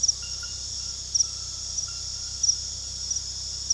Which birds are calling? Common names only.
none